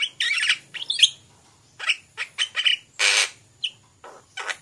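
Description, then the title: Javan pied starling song of harsh, squawking notes and chattering bursts, broken by short pauses, with one loud raspy phrase past the middle. "Jalak Suren"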